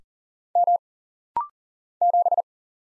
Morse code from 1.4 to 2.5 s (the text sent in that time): 7